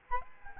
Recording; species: mosquito wingbeat signal from an infrared sensor; Aedes albopictus